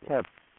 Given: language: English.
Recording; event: throat vibration sensor signal played as sound; speech